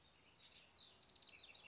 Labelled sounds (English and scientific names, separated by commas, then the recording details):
House Wren (Troglodytes aedon)
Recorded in Sonoma County, California